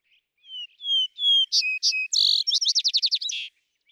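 Vesper sparrow: three drawn-out whistled notes, a few sharp higher chips, then a buzzy burst and a quick, even trill closing the song.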